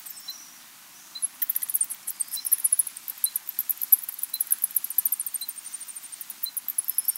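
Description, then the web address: White-lined sac-winged bat giving rapid, very high chirps in fast bursts, with a soft tick repeating about once a second beneath. South American rainforest mammal. "Natures Songs S America Mammals of the Rainforest White-lined sac-winged bat"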